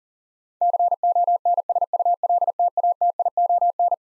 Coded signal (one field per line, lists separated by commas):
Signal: Morse code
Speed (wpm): 40 wpm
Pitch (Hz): 700 Hz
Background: none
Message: CONSULTATION